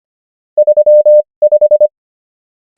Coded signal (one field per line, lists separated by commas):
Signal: Morse code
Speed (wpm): 25 wpm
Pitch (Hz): 600 Hz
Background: none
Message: 35